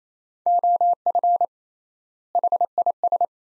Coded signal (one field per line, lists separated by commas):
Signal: Morse code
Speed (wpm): 28 wpm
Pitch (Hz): 700 Hz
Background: none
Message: OF HIS